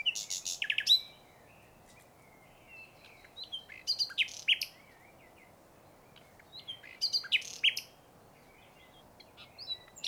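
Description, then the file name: Common nightingale song: several bursts of varied phrases mixing sharp rapid notes and whistles, separated by pauses of a few seconds, over a quiet background. "canto verso usignolo luscinia megarhynchos nightangale nachtigall"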